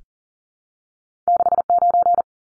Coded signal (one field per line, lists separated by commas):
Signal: Morse code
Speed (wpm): 40 wpm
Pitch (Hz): 700 Hz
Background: none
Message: 69